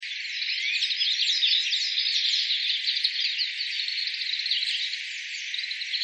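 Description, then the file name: Oriental greenfinch calls: a dense, continuous twittering chatter of many quick high notes and short slurs, with no low sounds at all. "kawara"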